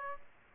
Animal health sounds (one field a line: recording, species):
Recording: mosquito wingbeat signal from an infrared sensor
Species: Aedes aegypti